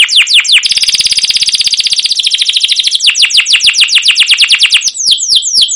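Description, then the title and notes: Canary song: quick descending chirps leading into a dense buzzy trill, then a series of clear falling notes repeated several times a second. Continuous, long song ('gacor panjang', 'cuit cuit ngerol') meant as a lure and master tutor for training young caged canaries to learn sounds. "CUIT CUIT NGEROL LANGSUNG GACOR PANJANG Kenari Pancingan KENAR. PANCINGAN Kenari GACOR PANJANG Cuit CUIT EMOSI MASTERAN Kenari PAUD belajar BUNYI. burung kenari"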